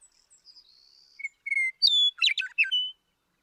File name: Western Meadowlark